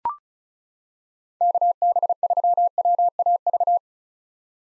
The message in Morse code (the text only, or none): KB3WAV